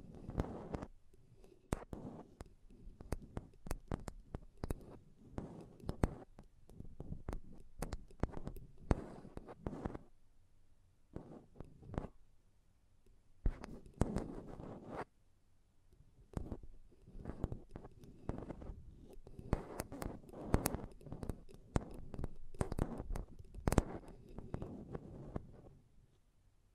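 Mic tapping and scratching in dense clusters of sharp knocks and rubbing, with bursts running about 0–10, 11–14, 16–20 and 20–26 seconds. Low thumps mix with bright crackly scrapes, and short quiet gaps fall between the bursts.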